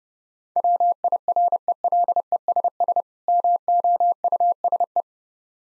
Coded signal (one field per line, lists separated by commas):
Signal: Morse code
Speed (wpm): 32 wpm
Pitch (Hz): 700 Hz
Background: none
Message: WIRELESS MOUSE